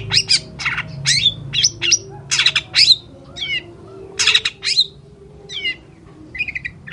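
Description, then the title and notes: Long-tailed shrike song of loud grating squawks mixed with clear falling whistles and short buzzy notes, phrases broken by short gaps, with a faint low hum. Morning song with varied 'toet toet' notes. "Cendet Gacor Dor Di Kala Pagi Toet Toet Variasi Suara. PANCINGAN CENDET MALAS BUNYI CENDET MACET CENDET STRESS. Burung cendet"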